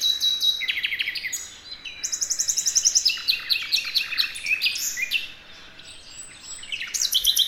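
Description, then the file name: Common nightingale singing rich, varied phrases, including a fast series of high repeated notes, then a short pause before the song resumes. "Luscinia megarhynchos"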